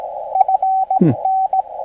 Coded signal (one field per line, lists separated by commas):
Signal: Morse code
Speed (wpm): 16 wpm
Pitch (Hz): 760 Hz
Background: radio noise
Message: FN